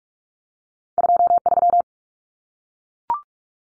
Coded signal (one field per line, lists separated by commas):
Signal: Morse code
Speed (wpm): 44 wpm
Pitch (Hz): 700 Hz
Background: none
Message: 23